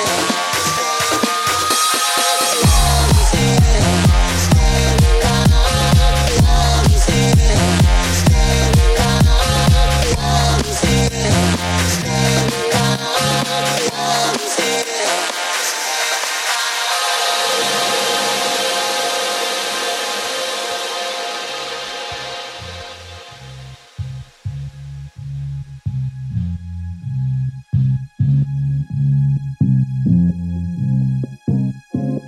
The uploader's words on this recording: Os carrinhos de choque das festas do senhô. Bumper cars always have a particular soundtrack, always revolving around dance music.